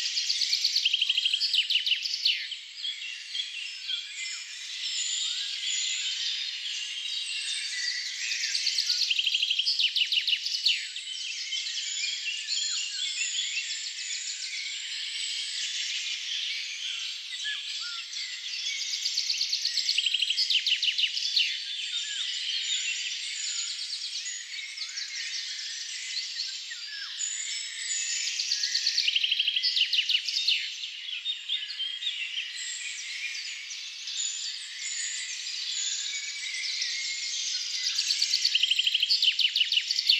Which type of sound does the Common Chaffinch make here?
song